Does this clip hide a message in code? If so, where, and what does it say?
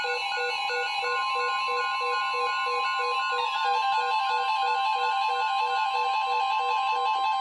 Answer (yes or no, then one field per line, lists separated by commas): no